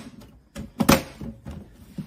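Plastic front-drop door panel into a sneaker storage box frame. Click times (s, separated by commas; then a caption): 0.6 s, 0.8 s. A plastic front-drop door panel is slid into the side grooves of a sneaker storage box frame and pressed in. It snaps into place with clicks at 0.6 s and 0.8 s, the second one louder, followed by a few softer taps. The panel is seated.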